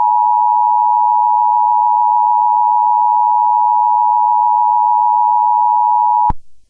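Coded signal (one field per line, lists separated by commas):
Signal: Emergency Alert System (SAME) tones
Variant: 853 and 960 Hz attention tone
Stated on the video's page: Fictional EAS scenario made for entertainment.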